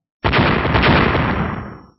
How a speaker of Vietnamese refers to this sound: Hai tiếng nổ gần như đồng thời vang lên. Theo tiếng nổ, hai phần thân của thần đăng vỡ nát, hai con hỏa lông màu đỏ từ thân đèn thò ra cũng bắt đầu sụp đổ.